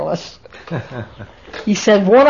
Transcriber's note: laughs